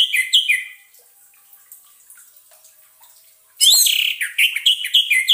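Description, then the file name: Orange-headed thrush song: a short burst of rich, slurred whistled phrases, then a few seconds of quiet, then a fast run of varied chirping notes. Orange-headed thrush (anis merah) song used as a lure recording, intended to keep a bird from becoming stressed. "suara pancingan burung anis merah agar tidak stress"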